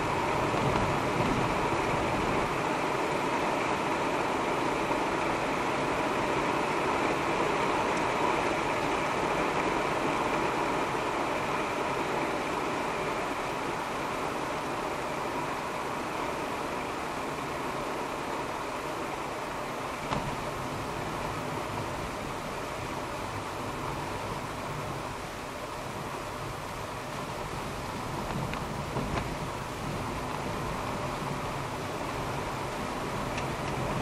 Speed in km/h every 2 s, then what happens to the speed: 85, 86, 88, 90, 86, 81, 77, 73, 70, 67, 64, 61, 59, 57, 55, 57, 60.
0-7 steady at about 86. 7-27 slows to 55.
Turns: none.